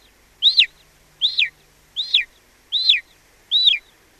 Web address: golden eagle